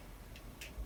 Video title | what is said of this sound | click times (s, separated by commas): DC Multiverse Custom: Gotham Knights Red Hood | but as you can see now it just snaps | 0.4 s, 0.6 s